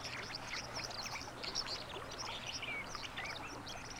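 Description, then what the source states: White-throated Dipper song, a dense scratchy warble of short high notes and chirps running throughout, over a steady rushing of water. Both male and female sing; both sexes announce winter territory beside rapids; warbles eagerly on its stone after bathing, even on windy frosty days.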